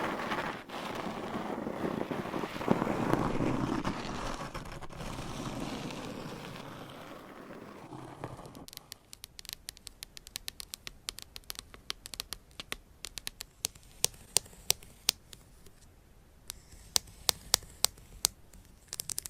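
Scratching and rubbing sounds fill the first eight seconds as a dense, rough rustle that swells and fades. Then it drops to near quiet, broken by sharp, crisp taps and clicks that come irregularly, growing more frequent toward the end.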